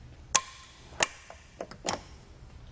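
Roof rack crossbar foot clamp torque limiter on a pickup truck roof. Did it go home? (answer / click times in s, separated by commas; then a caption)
yes / 0.4 s, 1.0 s, 1.9 s. The built-in torque-limiting knob on a Thule WingBar Evo crossbar foot clamp on a 2019 GMC Canyon pickup truck roof is tightened until it clicks. Sharp clicks sound at 0.4 s, 1.0 s and 1.9 s, with fainter ticks in between. The clicks show the foot is fully torqued to Thule's specification.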